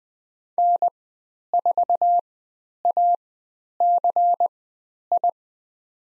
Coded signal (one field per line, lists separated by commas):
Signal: Morse code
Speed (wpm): 20 wpm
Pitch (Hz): 700 Hz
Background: none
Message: N4ACI